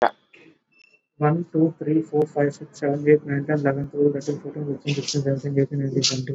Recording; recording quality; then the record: counting at a fast pace; moderate, slight background noise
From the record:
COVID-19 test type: RT-PCR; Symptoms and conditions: cough, cold, sore throat, fever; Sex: male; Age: 26 years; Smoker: no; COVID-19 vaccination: both doses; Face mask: worn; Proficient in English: yes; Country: India